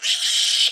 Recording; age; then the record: pig call; piglet (1 to 25 days)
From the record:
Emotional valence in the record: negative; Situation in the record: restrain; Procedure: in the arms of a person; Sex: male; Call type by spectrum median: high-frequency call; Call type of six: high-frequency modulated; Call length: 0.72 s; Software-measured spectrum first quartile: 3208 Hz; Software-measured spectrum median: 3991 Hz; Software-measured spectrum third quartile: 5745 Hz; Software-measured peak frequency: 3050 Hz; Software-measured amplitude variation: 111 dB a second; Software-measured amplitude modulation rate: 22.9 a second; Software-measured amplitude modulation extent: 4.9 dB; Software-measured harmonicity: 0.6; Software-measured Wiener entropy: -2.41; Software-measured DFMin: 1041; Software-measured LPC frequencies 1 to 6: 1859, 3093, 3672, 5356, 7583, 8445 Hz